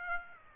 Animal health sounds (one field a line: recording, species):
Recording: mosquito wingbeat signal from an infrared sensor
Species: Aedes aegypti